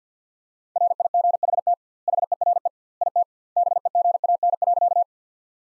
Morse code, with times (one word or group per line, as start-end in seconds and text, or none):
0.8-1.7 RIGHT
2.1-2.7 HERE
3.0-3.2 IT
3.6-5.0 BEGAN.